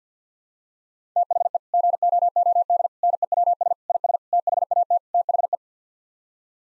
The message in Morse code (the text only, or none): THE GOOD NEWS IS THAT THE